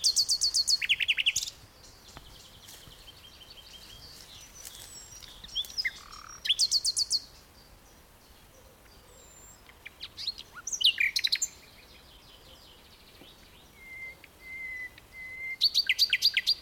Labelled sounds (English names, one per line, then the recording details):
Common Nightingale
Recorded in the wild
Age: adult
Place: Karower Teiche, Naturpark Barnim, Berlin, DE
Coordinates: 52.622, 13.46
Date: 1992-05-16 10:01
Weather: sonnig, 17-22°C
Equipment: Nagra SN, Mikrofon AKG CK 8, Kopie Tesla B 116
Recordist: Tembrock, Günter
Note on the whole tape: Karower Fischteiche; Gesang (längere Stücke, sehr gute Aufnahme)